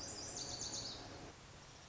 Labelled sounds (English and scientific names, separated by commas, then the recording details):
Lazuli Bunting (Passerina amoena)
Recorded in Sonoma County, California